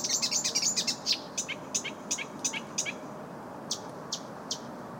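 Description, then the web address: Bird calling with a rapid run of high, sharp chips that slows into spaced single notes. "ptaki glosy oznacz 170616"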